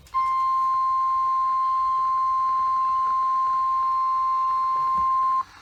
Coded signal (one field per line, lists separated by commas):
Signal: Emergency Alert System (SAME) tones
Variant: 1050 Hz attention tone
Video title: EAS Alerts from April 13, 2020 (EAS #45-56)